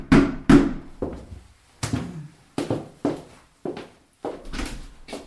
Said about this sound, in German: Unheilvoll hörte sie ihn oben auf- und abgehen. Aber obwohl schon Mittag, hatte sich der Untermieter bislang noch nicht bei ihr gemeldet. Stattdessen klopfte es an der Haustür.